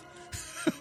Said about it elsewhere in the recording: My poor wife, you can hear her coughing.